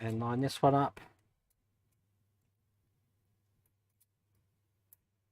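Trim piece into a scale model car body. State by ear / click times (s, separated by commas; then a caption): seated / 4.9 s. Someone talks briefly while lining up a trim piece on an IXO Collections Volvo 122S scale model car body. After a quiet stretch with a faint tick near 4.0 s, there is a small, sharp click at 4.9 s as the trim piece is pressed in and seats.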